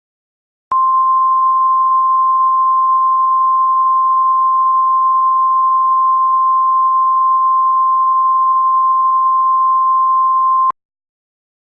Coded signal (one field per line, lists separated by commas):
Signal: Emergency Alert System (SAME) tones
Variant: 1050 Hz attention tone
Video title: EAS Mini-Mock: Los Angeles Union Station Crash